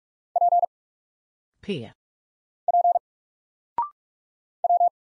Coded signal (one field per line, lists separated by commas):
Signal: Morse code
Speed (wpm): 44 wpm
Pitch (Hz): 700 Hz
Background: none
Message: P P W